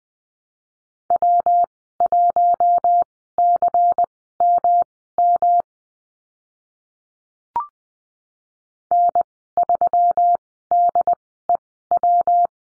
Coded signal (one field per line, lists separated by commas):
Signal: Morse code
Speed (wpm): 20 wpm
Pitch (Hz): 700 Hz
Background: none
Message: W1CMM N3DEW